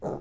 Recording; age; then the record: pig call; piglet (1 to 25 days)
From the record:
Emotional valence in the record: negative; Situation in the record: long isolation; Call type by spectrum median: low-frequency call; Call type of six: low-frequency stable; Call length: 0.21 s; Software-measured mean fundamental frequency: 53 Hz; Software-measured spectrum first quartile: 275 Hz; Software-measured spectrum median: 449 Hz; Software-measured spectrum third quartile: 646 Hz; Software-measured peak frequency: 415 Hz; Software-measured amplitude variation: 113 dB a second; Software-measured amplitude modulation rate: 11.7 a second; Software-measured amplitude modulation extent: 9.7 dB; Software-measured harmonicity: 0.3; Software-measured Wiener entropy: -0.28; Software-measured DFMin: 1161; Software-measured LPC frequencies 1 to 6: 478, 1311, 4010, 5381, 6395, 6996 Hz